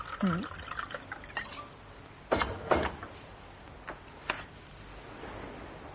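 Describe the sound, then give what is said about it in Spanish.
Whisky and water are poured into a glass in a few short splashing bursts, with light clinks and drips scattered over about six seconds, fairly quiet overall. “¿Whisky? Un poco. Con agua, por favor.”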